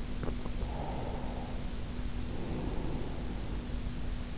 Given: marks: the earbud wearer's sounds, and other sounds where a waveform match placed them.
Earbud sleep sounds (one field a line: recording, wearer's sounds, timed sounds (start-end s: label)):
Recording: sounds in sleep by an in-ear microphone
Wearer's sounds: breath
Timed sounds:
0.60-3.54 s: breath